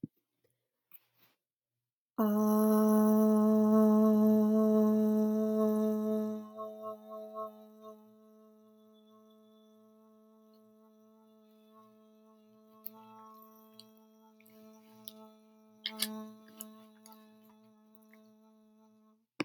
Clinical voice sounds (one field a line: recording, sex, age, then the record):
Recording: vowel held as long as possible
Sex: female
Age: 30 to 39 years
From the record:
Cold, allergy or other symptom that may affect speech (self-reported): no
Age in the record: 30 years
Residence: Georgia, United States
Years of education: 18